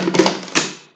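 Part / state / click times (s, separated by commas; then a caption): CPAP humidifier water chamber into the machine body / seated / 0.3 s. A filled plastic humidifier water chamber is pushed all the way back into a DeVilbiss SleepCube CPAP machine, giving short broadband knocks and scrapes with a single sharp click at 0.3 s. Another louder thud follows around 0.6 s and fades out. The chamber clicks into place and is seated.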